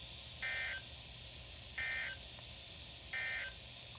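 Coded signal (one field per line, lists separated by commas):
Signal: Emergency Alert System (SAME) tones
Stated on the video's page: Flood-related EAS alerts from a compilation.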